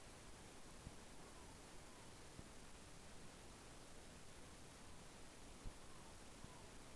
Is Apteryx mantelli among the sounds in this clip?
no